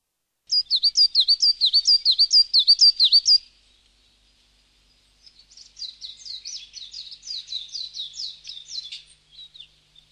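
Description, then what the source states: Small bird giving a rapid series of high, clear chirps, then a pause and a fainter, longer run of similar chirping notes. Small bird calling in a forest.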